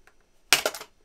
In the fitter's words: it'll pop up and Pop Free like that